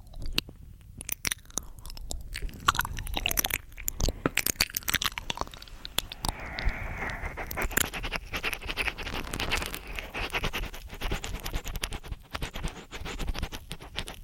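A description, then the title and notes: Mouth sounds and ear eating: a dense run of wet clicks, smacks and crunchy chewing-like snaps, packed closely and irregularly across the whole fourteen seconds. From about six seconds a soft hissy, slurping wash sits beneath the clicks, with a brief lull near twelve seconds. MOUTH SOUNDS & EAR EATING Tascam & Dummyhead.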